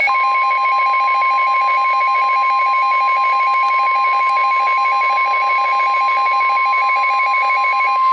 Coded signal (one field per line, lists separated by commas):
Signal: Emergency Alert System (SAME) tones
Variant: 1050 Hz attention tone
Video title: Severe Thunderstorm Warning (EAS #955) 5/15/17